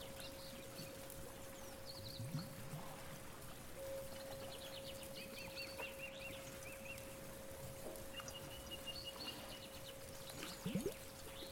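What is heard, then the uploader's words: A day at the beach with birds: a steady hiss and low rumble of water runs throughout, with a constant thin tone held underneath. Bird calls chirp and trill in quick bursts above it, and brief louder splashes break in near 2 and 11 seconds. A day at the beach, with birds, chimes, bells.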